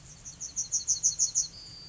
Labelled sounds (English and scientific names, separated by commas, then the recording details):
Yellowhammer (Emberiza citrinella) song
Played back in grassland
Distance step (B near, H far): D
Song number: 039